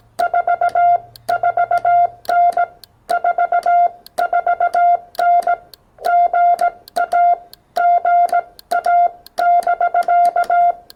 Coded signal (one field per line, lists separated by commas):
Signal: Morse code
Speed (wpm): 17 wpm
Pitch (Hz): 690 Hz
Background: none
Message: 44N 44N GA GA<BK>